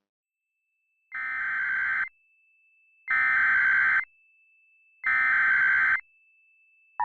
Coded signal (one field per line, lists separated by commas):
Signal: Emergency Alert System (SAME) tones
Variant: header bursts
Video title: [(SOME RECREATIONAL) EAS Mocks] - some of my unreleased content into a single YouTube video